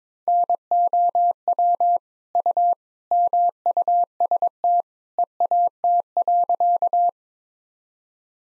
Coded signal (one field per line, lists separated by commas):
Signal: Morse code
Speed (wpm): 23 wpm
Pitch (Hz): 700 Hz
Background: none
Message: NOW U MUST EAT.